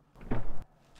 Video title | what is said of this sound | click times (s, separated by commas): How to Exit a Lexus with Electronic Door Handles if the Car Battery is Dead - Tech Tip Tuesday | You may actually hear that latch release right away, and you can press the door open. | 0.3 s